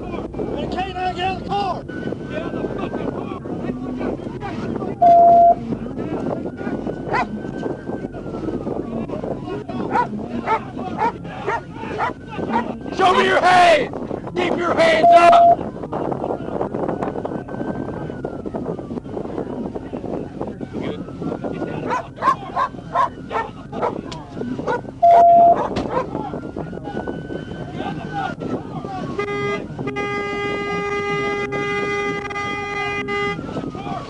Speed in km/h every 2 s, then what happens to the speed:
0, 0, 0, 0, 0, 0, 0, 0, 0, 0, 0, 0, 0, 0, 0, 0, 0.
0-34 standing.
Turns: none.